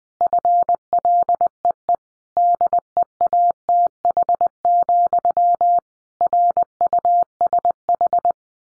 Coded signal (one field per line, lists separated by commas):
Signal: Morse code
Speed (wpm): 20 wpm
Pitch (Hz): 700 Hz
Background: none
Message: FLEE DEATH, RUSH